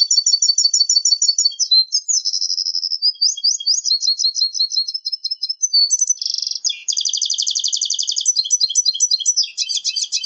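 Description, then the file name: Red siskin and canary hybrid delivering a continuous high, rapid song of rolling trills, buzzy notes and sweet warbled phrases without pause. "hibrid red siskin x kenari omkicau"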